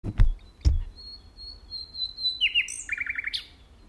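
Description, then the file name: Common nightingale song, a long thin whistle followed by rapid repeated notes, after two low thumps at the start. "Luscinia megarhynchos"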